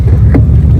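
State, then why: Not seated. A paper oil filter element is handled and pushed toward the plastic filter housing cap during an oil change on a 2015 Durango Limited. A steady low rumble runs throughout, with a brief, sharp sound at 0.3 s. Nothing has seated or clicked into the cap yet.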